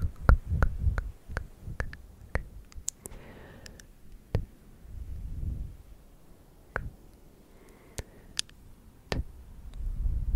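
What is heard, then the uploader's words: ASMR mouth sounds: sharp, dry tongue clicks pop out irregularly, bunched in quick runs at the start and scattered through the rest. Between them come soft wet smacks, a breathy hiss around three and eight seconds, and low murmuring thumps. ASMR clicky mouth sounds, tktk, sksk, tongue clicking and more.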